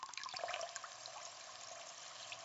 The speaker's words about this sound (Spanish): Agua que fluye del río, agua que viene del mar.